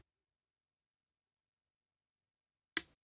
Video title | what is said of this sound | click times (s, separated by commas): How a washing machine door interlock with time delay works. (not a wax motor) | you hear that click that was it locking the | 2.8 s